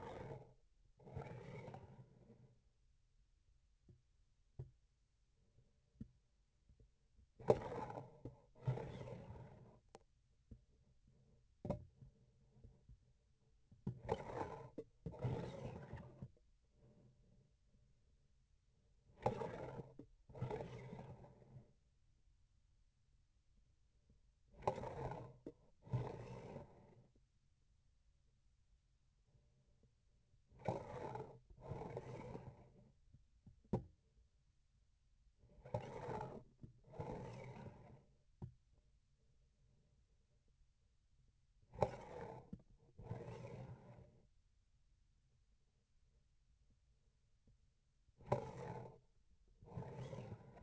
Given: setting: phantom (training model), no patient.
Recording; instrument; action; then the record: laparoscopic instrument, vibration sensor on the handle end; grasping forceps; approaching and retracting movements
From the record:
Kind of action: spatial motion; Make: other than Olympus